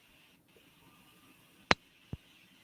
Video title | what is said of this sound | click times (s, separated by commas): Playing N Traffic with Louis Lee special guest Ryan Snyder from Performabuilt | I heard the I heard a click yeah that's | 1.7 s